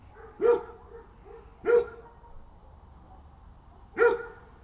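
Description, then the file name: Dog barking, three sharp single barks spaced irregularly over a few seconds, with quiet low background noise between them. Dog at night. "Bin Dog Night"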